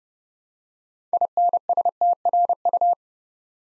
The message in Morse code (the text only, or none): INSTRU